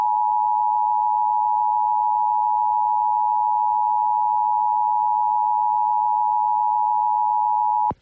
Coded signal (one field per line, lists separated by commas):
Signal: Emergency Alert System (SAME) tones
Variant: 853 and 960 Hz attention tone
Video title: EAS #1218-1220: 3 EAS Required Monthly Tests- Aug. 5, 2026- 12:11AM PDT